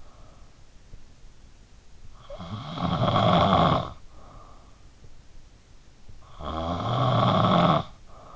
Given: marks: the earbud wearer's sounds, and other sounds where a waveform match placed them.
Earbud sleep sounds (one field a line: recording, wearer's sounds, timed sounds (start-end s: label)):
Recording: sounds in sleep by an in-ear microphone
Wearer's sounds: snoring breath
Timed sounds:
0.00-8.36 s: snoring breath